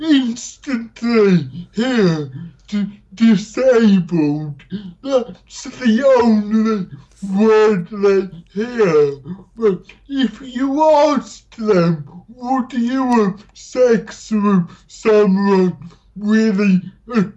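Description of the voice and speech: Slow, effortful connected speech from an adult British man with cerebral palsy, with drawn-out syllables, nasal-sounding vowels, slightly imprecise consonants and frequent pauses, yet mostly intelligible. This fits dysarthria, a motor speech disorder, here linked to cerebral palsy.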